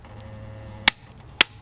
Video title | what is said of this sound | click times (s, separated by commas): How to change oil with stuck sump plug the easy way. Dip Stick method | And you'll hear a click. | 0.9 s, 1.4 s